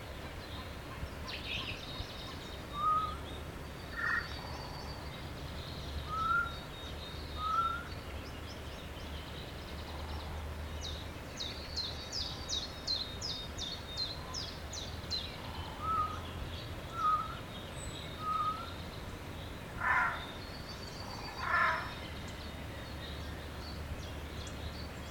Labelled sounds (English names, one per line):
Eurasian Jay